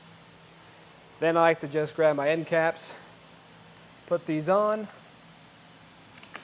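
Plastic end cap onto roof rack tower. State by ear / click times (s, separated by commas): seated / 6.4 s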